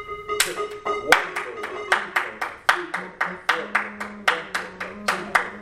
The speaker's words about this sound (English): So you just get a metronome. Okay. Click, click, click. And you clap out different rhythms to the metronome. Using that as your quarter note.